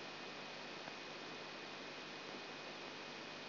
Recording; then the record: brain microelectrode recording played as sound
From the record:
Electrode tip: outside the subthalamic nucleus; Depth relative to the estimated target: -6 mm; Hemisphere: left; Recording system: AlphaMap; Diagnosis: Parkinson's disease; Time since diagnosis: 12 years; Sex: female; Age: 47 years